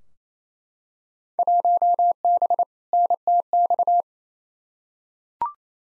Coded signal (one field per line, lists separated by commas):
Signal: Morse code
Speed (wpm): 28 wpm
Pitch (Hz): 700 Hz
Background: none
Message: 1B NTX